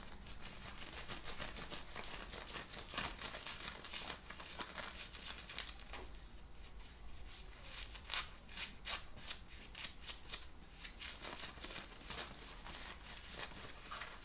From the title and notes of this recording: ASMR - FABRIC SCRATCHING(Jeans shirt skin scratching, belt sounds).